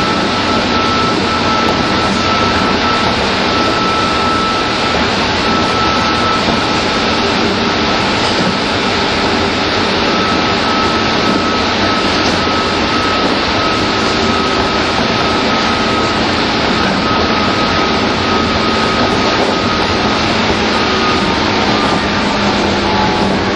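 A train ride between Tokyo and Takao, heard as a steady, dense rumble and hiss that barely changes for the whole stretch. A thin whining tone holds underneath, along with a low hum, and no distinct events break through.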